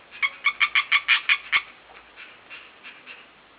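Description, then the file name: European tree frog calling in a fast series of about eight sharp, nasal knocking notes, then fainter calls continuing the rapid rhythm. "rosnicka"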